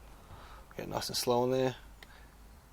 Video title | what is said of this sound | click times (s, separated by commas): Covert Binder HD Hidden Camera - Unboxing & Setup | until it goes click, like that. | 2.0 s